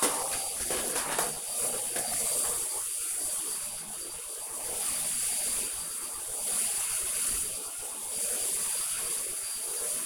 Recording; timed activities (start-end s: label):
household activities, microphone on the right wrist
0.00-10.06 s: vacuum cleaning